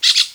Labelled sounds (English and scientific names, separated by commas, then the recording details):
Brown-throated Parakeet (Eupsittula pertinax) contact call
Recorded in Venezuela
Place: Guárico; Corozopando; Fundo La Fe
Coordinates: 8.506, -67.593